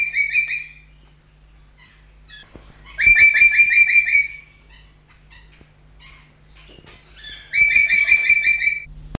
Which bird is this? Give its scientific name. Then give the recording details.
Lorius garrulus. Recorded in captivity. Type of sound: call. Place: Vogelpark Walsrode, Niedersachsen, DE. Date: 1977-09-09. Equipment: Halbspur, 9,5 cm/s. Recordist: Lütgens, Hans. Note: Rufe